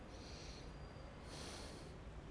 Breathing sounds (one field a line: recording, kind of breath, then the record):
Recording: one breath in and out by a microphone near the nose and mouth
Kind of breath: deep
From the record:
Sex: male